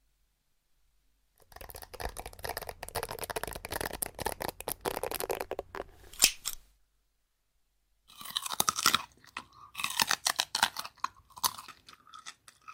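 Scratching and tapping come in dense, crackly bursts, starting after a second of silence and running steadily to about six seconds, ending in a sharper sweep. After a pause near seven seconds, quicker uneven scratches and taps return, with brief gaps between them.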